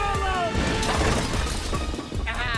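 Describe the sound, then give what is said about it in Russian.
A flaming projectile smashes into a meter-wide button, burning with blue flame, that has fallen from Mongo's body, with a loud, crunching crash. Rattling, clattering debris follows amid dense noise, and high whistling tones sound at the start and end. “Пинает пуговку, горящим снарядом она разбивает пуговку.”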